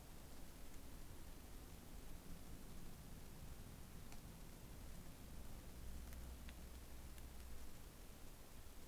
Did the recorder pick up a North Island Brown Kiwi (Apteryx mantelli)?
no